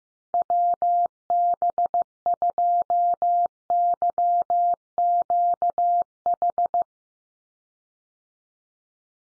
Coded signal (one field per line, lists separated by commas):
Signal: Morse code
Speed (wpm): 15 wpm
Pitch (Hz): 700 Hz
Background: none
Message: WB2YQH